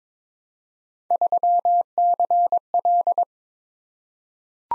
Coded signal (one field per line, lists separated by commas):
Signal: Morse code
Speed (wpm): 22 wpm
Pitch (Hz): 700 Hz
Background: none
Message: 3CL